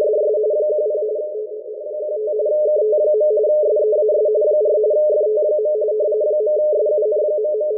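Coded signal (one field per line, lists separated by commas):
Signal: RTTY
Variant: 45 baud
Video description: Using a WebSDR and FLDIGI in RTTY-45 mode to decode the WLO marine weather report for the Caribbean and Atlantic waters.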